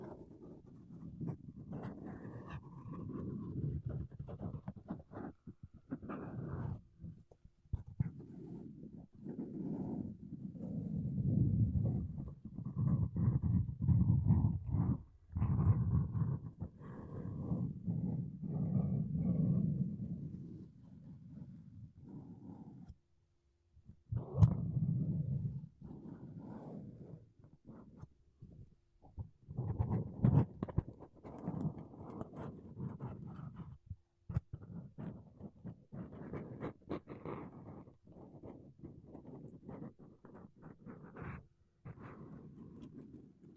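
Makeup brushes and a sponge are brushed across a microphone in soft, low, rumbling swishes that come in uneven strokes and bursts. The rubbing runs nearly continuously, with a brief silence near the middle and sharp little taps and clicks scattered throughout.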